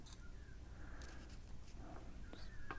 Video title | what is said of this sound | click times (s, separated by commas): Stella Episode 2 Supplies and The Plan | you can hear a little click you can | 2.7 s